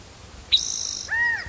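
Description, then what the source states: Spotted Towhee song: a short sharp note followed by a dry, buzzy trill lasting about half a second. Individual number 3; songs being counted aloud, this one counted as song five.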